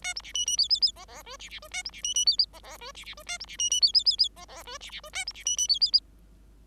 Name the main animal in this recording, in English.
Bengalese Finch